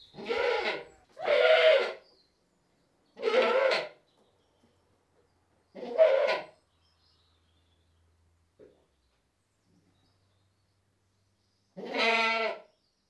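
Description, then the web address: Goat (British Saanen): goat bleating, a run of four rough bleats, the first two close together, then a pause and a final clearer, more tonal bleat. One British Saanen goat bleating. "BBC Sound Effects Library. One British Saanen Goat Bleating"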